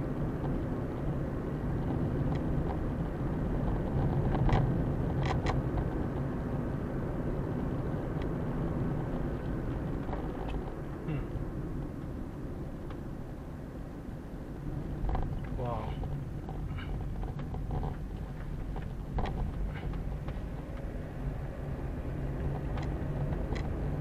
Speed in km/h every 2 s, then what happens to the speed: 41, 43, 44, 45, 46, 38, 29, 25, 18, 16, 21, 28.
0-8 steady at about 44. 8-17 slows to 16. 19-24 speeds up to 28.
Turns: none.